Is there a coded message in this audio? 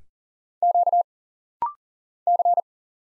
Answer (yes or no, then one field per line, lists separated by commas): yes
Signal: Morse code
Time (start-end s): 0.6-2.6 s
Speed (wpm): 40 wpm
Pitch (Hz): 700 Hz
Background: none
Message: Q C